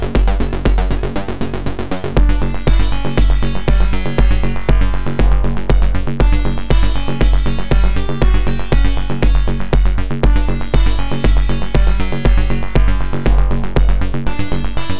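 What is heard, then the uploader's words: OPL2 squelch: a dense, buzzy synth pattern over a steady pulsing bass, growing louder and brighter after two seconds and staying busy. OPL2 squelch. The aliasing artifacts sound really cool.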